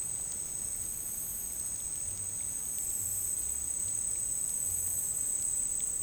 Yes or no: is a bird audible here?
no